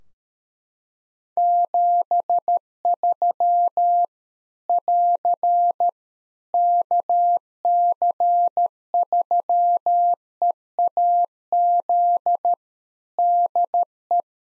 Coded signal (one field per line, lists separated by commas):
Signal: Morse code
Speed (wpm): 13 wpm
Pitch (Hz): 700 Hz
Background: none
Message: 73 <AR> KC3EAZ DE